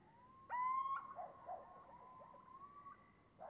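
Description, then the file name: Little owl: a long whistled call, loud at first and rising slightly, followed by fainter drawn-out whistling over a background hiss. A pair giving various loud calls while interacting with neighbouring owls. "Little Owl Various loud calls of pair interacting with neighbours"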